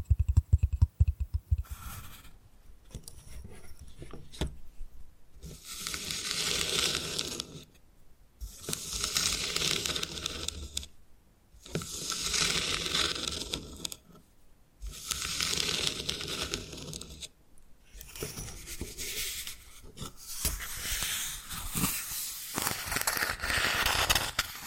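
Bamboo is tapped with a few sharp knocks in the first two seconds, then brushed and scratched in bright, hissy strokes. Each stroke lasts about two to three seconds, separated by short silences, with small clicks and rattles mixed into the rasping texture.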